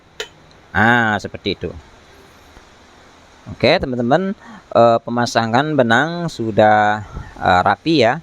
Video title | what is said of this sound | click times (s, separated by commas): Cara pasang benang mesin kam Overdeck pasang #mesinjahit benang | Tekan saja sampai berbunyi klik . | 0.2 s